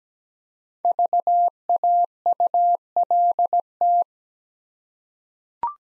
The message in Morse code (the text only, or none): VAULT